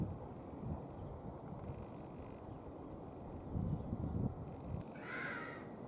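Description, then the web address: Eurasian jay giving one short, harsh, rasping screech near the end, after several seconds of low rumbling background noise. Voice, call and song. "la voix le cri le chant dun geai monde de la nature"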